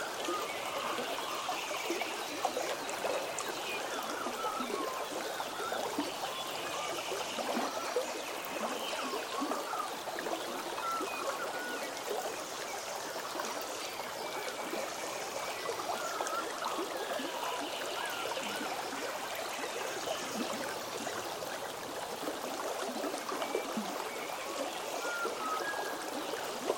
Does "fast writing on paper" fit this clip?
no